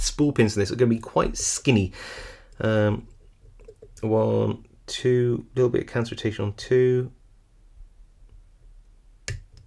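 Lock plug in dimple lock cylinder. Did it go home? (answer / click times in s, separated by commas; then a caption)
released / 9.3 s. A Kale Kilit 164 SNC dimple lock cylinder is worked with a pick and tension tool while someone talks, with faint clicks from the pins as the lock sits in a false set. At 9.3 s the last pin sets and the plug rotates open with a single sharp, loud click, and the lock is picked open.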